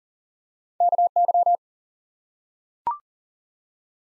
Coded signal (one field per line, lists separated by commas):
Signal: Morse code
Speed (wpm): 40 wpm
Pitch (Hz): 700 Hz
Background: none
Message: KY